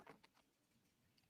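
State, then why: Not seated. A 3D-printed LEGO-compatible servo mount is handled and pressed toward the LEGO studs on a brick plate, giving a few short plastic ticks near 0.1, 0.2 and 1.3 seconds over a quiet background. The mount has not seated or clicked home yet.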